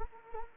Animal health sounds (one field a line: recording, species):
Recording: mosquito wingbeat signal from an infrared sensor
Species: Anopheles arabiensis